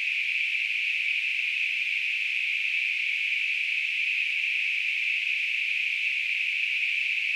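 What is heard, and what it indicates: A simulated tinnitus sound: a steady, unbroken hiss of narrowband noise centered around 2.5 kHz, holding the same loudness throughout, with no low-frequency content.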